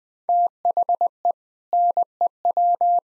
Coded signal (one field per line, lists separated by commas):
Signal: Morse code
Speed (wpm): 20 wpm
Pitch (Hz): 700 Hz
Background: none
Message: THE NEW